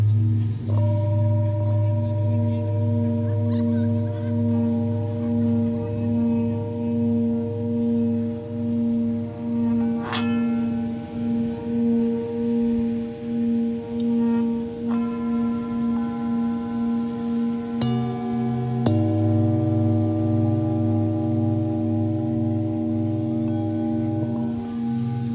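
Singing bowls ring in a sound-healing session, their deep, sustained tones overlapping and pulsing slowly in a steady wave. Fresh strikes sound near 1, 10, 15, 18 and 19 seconds, each adding a bright new ring above the low, continuous hum.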